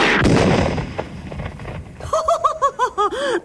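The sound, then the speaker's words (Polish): An old gas cylinder explodes in a medical clinic in one loud, booming blast that fades into a long rumble, followed by a quick series of rhythmic, high-pitched voiced bursts. “Posiadam tylko tę oto starą butlę gazową, która ostatnio ma wzięcie w temacie wybuchów.”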